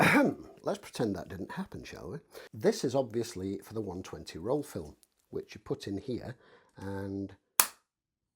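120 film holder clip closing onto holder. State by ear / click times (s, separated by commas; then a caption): seated / 7.6 s. Someone talks about a 120 roll film holder, then the plastic part of the holder is clipped down after the roll film is put in. It gives a single sharp click at 7.6 seconds, and the part is seated.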